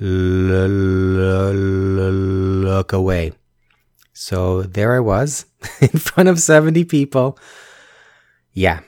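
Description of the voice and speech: An adult man who stutters holds a long, prolonged 'l' sound, then repeats 'lu-lu-lu' before getting out 'look away': a stutter on words starting with L. After a pause he goes on in a low voice: 'So there I was in front of 70 people. Yeah.'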